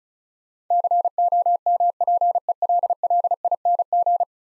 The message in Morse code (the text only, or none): COMPELLING